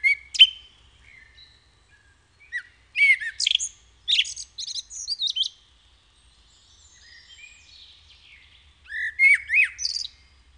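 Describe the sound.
Common blackbird song: a few bursts of fluty whistles mixed with squeaky high twittering, separated by pauses.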